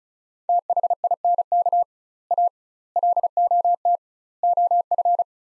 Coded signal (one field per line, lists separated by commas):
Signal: Morse code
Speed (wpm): 36 wpm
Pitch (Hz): 700 Hz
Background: none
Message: THINK A LOT OF